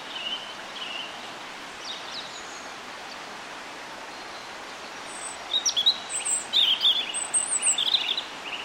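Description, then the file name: European robin song: a few faint early notes, then sharp high twittering phrases start around halfway and carry on to the end, over steady hiss. "Erithacus rubecula"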